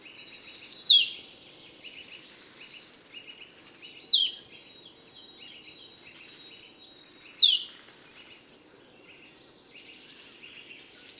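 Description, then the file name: Marsh tit calls: loud, sharp notes sweeping steeply downward, given about every three seconds amid many softer high chirps, over a faint low background hum. "Poecile palustris"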